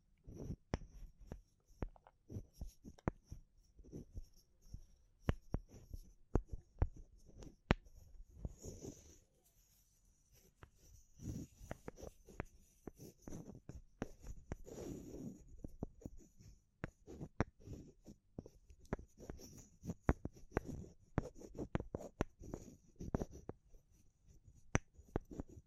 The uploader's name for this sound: Natural Triggers Wood, Bamboo and Straw